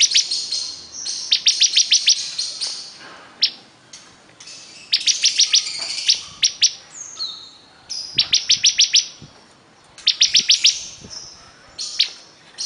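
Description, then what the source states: Bar-winged prinia delivering clustered series of sharp, high, rapidly repeated notes, the bursts a few seconds apart, with a few thin, longer notes between. Singing vigorously (gacor).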